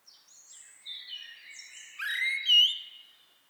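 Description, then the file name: Eurasian blackbird: soft, high warbled whistles that rise into a louder squeaky twittering phrase with a bright, thin note, then fade. "Turdus merula"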